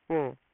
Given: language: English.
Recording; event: throat vibration sensor signal played as sound; speech